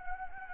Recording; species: mosquito wingbeat signal from an infrared sensor; Anopheles gambiae